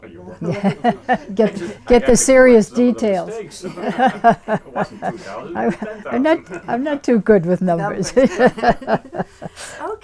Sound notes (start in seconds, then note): 0.4 she laughs; 3.3 they laugh